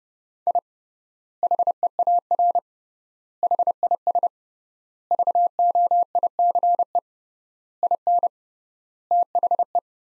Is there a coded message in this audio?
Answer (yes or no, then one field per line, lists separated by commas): yes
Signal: Morse code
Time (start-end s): 0.5-9.8 s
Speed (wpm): 30 wpm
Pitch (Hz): 700 Hz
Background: none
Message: I HEAR HIS VOICE IN THE